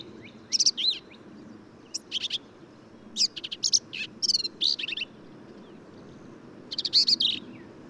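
Black-capped vireo song: clusters of quick, buzzy and whistled high notes, a dense run of phrases midway, then a pause before a final burst.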